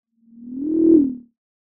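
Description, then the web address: Owl giving a single smooth, low hoot that swells slightly in pitch and loudness before fading, with silence around it. "Sound of an owl"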